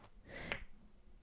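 Knuckle crack: a single sharp crack from an adult's finger joints.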